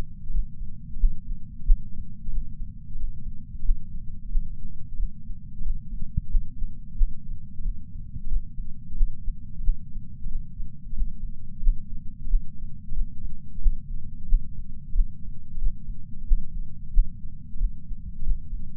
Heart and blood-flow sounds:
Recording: heart sounds by patch sensor on the chest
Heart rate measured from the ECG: 90 bpm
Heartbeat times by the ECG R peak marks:
0.33 s: heartbeat
0.99 s: heartbeat
1.62 s: heartbeat
2.32 s: heartbeat
2.98 s: heartbeat
3.64 s: heartbeat
4.31 s: heartbeat
4.98 s: heartbeat
5.64 s: heartbeat
6.30 s: heartbeat
6.97 s: heartbeat
7.64 s: heartbeat
8.30 s: heartbeat
8.96 s: heartbeat
9.63 s: heartbeat
10.30 s: heartbeat
10.96 s: heartbeat
11.62 s: heartbeat
12.29 s: heartbeat
12.95 s: heartbeat
13.61 s: heartbeat
14.28 s: heartbeat
14.94 s: heartbeat
15.61 s: heartbeat
16.27 s: heartbeat
16.93 s: heartbeat
17.59 s: heartbeat
18.26 s: heartbeat
From the record:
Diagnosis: coronary artery disease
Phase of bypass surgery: postoperative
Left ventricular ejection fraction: 56.9%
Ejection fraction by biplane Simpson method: 54%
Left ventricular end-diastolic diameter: 47 mm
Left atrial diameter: 43 mm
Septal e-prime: 5 cm/s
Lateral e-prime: 5.3 cm/s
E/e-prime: 10.9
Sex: male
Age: 77 years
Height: 160 cm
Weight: 79.5 kg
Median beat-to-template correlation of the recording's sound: 0.62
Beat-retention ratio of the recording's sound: 1.00

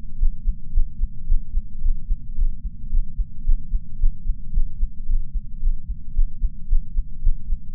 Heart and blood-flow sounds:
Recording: heart sounds by patch sensor on the chest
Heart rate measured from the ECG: 111 bpm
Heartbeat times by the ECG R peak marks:
0.17 s: heartbeat
0.71 s: heartbeat
1.25 s: heartbeat
1.80 s: heartbeat
2.34 s: heartbeat
2.88 s: heartbeat
3.43 s: heartbeat
3.97 s: heartbeat
4.51 s: heartbeat
5.05 s: heartbeat
5.59 s: heartbeat
6.12 s: heartbeat
6.66 s: heartbeat
7.20 s: heartbeat
7.74 s: heartbeat
From the record:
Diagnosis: coronary artery disease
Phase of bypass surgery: postoperative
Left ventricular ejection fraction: 34.9%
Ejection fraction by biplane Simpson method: 32.7%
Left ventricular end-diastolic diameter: 59 mm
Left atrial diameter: 36 mm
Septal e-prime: 3 cm/s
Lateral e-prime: 7 cm/s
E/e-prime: 12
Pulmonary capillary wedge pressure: 12 mmHg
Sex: male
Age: 49 years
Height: 175 cm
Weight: 80 kg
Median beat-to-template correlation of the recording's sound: 0.90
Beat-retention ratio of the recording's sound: 0.99

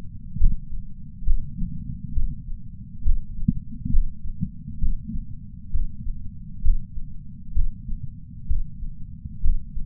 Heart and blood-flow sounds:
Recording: heart sounds by patch sensor on the chest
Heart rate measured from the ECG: 66 bpm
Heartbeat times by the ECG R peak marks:
0.39 s: heartbeat
1.26 s: heartbeat
2.15 s: heartbeat
3.05 s: heartbeat
3.92 s: heartbeat
4.81 s: heartbeat
5.73 s: heartbeat
6.63 s: heartbeat
7.54 s: heartbeat
8.48 s: heartbeat
9.43 s: heartbeat
From the record:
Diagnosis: coronary artery disease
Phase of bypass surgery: preoperative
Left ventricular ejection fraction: 60.1%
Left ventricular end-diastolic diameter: 44 mm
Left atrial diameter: 31 mm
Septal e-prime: 6.8 cm/s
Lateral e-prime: 9.8 cm/s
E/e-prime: 5.9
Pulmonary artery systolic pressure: 20 mmHg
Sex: male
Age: 60 years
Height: 167 cm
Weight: 58 kg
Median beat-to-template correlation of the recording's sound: 0.95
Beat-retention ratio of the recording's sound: 0.99

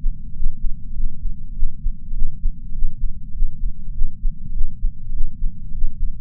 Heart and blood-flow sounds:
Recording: heart sounds by patch sensor on the chest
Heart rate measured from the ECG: 100 bpm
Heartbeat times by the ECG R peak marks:
0.33 s: heartbeat
0.94 s: heartbeat
1.55 s: heartbeat
2.15 s: heartbeat
2.74 s: heartbeat
3.34 s: heartbeat
3.94 s: heartbeat
4.54 s: heartbeat
5.13 s: heartbeat
5.72 s: heartbeat
From the record:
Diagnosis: coronary artery disease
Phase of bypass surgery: intraoperative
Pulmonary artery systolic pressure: 20 mmHg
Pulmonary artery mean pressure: 11 mmHg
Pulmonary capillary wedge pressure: 4 mmHg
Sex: male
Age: 69 years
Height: 174 cm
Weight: 79 kg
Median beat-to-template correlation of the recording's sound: 0.72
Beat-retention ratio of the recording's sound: 0.98

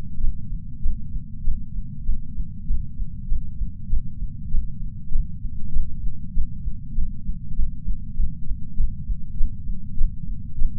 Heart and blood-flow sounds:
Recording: heart sounds by patch sensor on the chest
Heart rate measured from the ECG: 93 bpm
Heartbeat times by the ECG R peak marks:
0.17 s: heartbeat
0.79 s: heartbeat
1.41 s: heartbeat
2.03 s: heartbeat
2.97 s: heartbeat
3.86 s: heartbeat
4.47 s: heartbeat
5.08 s: heartbeat
5.69 s: heartbeat
6.30 s: heartbeat
6.90 s: heartbeat
7.52 s: heartbeat
8.12 s: heartbeat
8.74 s: heartbeat
9.34 s: heartbeat
9.94 s: heartbeat
10.54 s: heartbeat
From the record:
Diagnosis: coronary artery disease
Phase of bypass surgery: preoperative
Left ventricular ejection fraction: 60.9%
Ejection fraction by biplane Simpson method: 52.5%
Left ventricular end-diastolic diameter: 49 mm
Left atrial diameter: 38 mm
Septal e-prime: 4.5 cm/s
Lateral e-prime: 5.9 cm/s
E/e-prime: 13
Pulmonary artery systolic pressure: 21 mmHg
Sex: female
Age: 74 years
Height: 160 cm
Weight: 64 kg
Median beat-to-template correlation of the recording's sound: 0.92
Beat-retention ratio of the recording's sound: 0.97

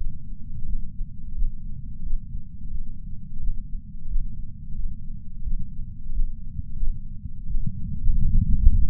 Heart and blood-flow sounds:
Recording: heart sounds by patch sensor on the chest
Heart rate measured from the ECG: 88 bpm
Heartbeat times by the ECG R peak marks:
0.66 s: heartbeat
1.35 s: heartbeat
2.03 s: heartbeat
2.70 s: heartbeat
3.40 s: heartbeat
4.08 s: heartbeat
4.75 s: heartbeat
5.43 s: heartbeat
6.12 s: heartbeat
6.79 s: heartbeat
7.46 s: heartbeat
8.15 s: heartbeat
From the record:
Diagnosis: coronary artery disease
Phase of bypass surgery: postoperative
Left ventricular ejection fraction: 66.5%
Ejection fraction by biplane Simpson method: 64.8%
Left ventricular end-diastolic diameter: 39 mm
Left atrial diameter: 31 mm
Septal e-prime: 4.5 cm/s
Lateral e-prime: 6.6 cm/s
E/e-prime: 22.7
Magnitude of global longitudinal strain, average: 16.9%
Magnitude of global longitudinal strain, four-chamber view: 19.4%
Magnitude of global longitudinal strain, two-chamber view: 15.7%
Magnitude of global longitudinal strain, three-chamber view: 15.8%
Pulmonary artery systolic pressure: 26 mmHg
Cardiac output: 4.24 L/min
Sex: female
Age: 80 years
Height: 150 cm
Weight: 49 kg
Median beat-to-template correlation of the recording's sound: 0.73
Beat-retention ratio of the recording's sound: 1.00

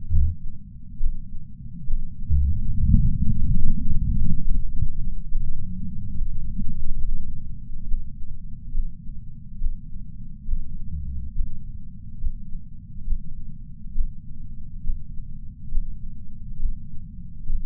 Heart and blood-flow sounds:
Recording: heart sounds by patch sensor on the chest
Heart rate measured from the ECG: 69 bpm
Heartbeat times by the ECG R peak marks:
0.14 s: heartbeat
1.02 s: heartbeat
1.88 s: heartbeat
2.76 s: heartbeat
3.62 s: heartbeat
4.46 s: heartbeat
5.33 s: heartbeat
6.19 s: heartbeat
7.05 s: heartbeat
7.89 s: heartbeat
8.75 s: heartbeat
9.62 s: heartbeat
10.49 s: heartbeat
11.36 s: heartbeat
12.22 s: heartbeat
13.08 s: heartbeat
13.96 s: heartbeat
14.85 s: heartbeat
15.73 s: heartbeat
16.61 s: heartbeat
17.51 s: heartbeat
From the record:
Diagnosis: coronary artery disease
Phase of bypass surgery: preoperative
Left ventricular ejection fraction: 69.1%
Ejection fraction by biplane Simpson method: 68.2%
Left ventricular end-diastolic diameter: 44 mm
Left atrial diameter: 36 mm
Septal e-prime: 8.3 cm/s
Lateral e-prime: 8.5 cm/s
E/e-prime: 10.7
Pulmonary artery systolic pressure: 35 mmHg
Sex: male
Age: 76 years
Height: 165 cm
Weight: 79 kg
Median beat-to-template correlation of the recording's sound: 0.89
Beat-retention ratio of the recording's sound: 0.98

